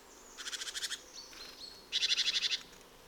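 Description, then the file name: Great tit two brief rattling churrs, the second louder, separated by a couple of thin high whistled notes. "Sikora bogatka"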